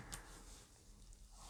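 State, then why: Not seated. A micro SD card is pressed by hand into its slot in the plastic/metal SIM tray of a Samsung Galaxy A17, after the second SIM has been removed to make room. A brief handling sound is heard at 0.1 s over low background noise. The card has not seated or clicked yet.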